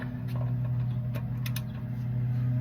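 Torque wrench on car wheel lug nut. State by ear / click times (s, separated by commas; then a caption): torque reached / 1.5 s, 1.6 s. A click-type torque wrench tightens a front wheel lug nut on a Tesla Model Y over a steady low hum. The wrench clicks sharply at its torque setting at 1.5 s and again at 1.6 s, confirming the nut has reached the set torque.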